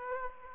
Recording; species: mosquito wingbeat signal from an infrared sensor; Aedes aegypti